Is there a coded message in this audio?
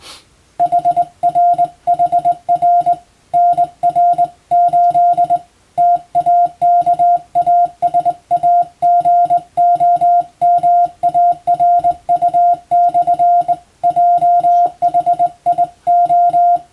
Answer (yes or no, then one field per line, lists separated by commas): yes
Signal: Morse code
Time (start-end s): 0.6-16.6 s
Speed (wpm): 20 wpm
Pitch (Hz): 700 Hz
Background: none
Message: HR HR NR 8 TAKASAGOMARU/JHIO